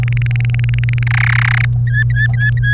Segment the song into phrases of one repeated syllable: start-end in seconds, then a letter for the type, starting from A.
0.03-1.03 A, 1.07-1.65 B, 1.87-2.73 C